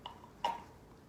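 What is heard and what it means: A rubber spark plug boot is pushed onto the spark plug in a motorcycle V-twin cylinder head. A faint tick comes at 0.1 s, then a sharp click at 0.5 s as the boot seats. The boot is confirmed properly installed.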